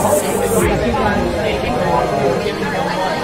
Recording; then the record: background sound without coughing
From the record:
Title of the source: Nightlife Party Simulating Party Club Noise 1 Hour